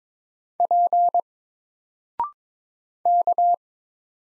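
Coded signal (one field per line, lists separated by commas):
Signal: Morse code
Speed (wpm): 22 wpm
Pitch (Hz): 700 Hz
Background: none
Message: P K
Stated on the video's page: Morse practice drill of single letters at 22 wpm, each letter sent, spoken after a 0.6-second pause, then sent again.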